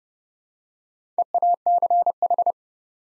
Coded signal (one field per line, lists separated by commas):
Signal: Morse code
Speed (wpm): 30 wpm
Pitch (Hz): 700 Hz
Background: none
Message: EACH